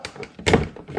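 A small plastic trim cover on top of the passenger-side door panel of a Nissan NV200 van is lined up with its two retaining tabs and pressed on. Light taps come first, then a short double thunk at 0.5 s and 0.5 s as the cover snaps onto its tabs and seats, followed by a couple of softer taps.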